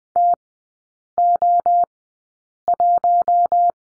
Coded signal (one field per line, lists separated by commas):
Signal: Morse code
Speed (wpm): 20 wpm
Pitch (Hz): 700 Hz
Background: none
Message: TO1